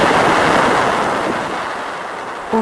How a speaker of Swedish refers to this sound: Det är uppmätta vågor från ett plasmamätinstrument som mäter vågor i magnetfältet. Som fanns på Voyager. Ja, som fortfarande finns på Voyager.